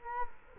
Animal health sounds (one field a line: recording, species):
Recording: mosquito wingbeat signal from an infrared sensor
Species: Culex quinquefasciatus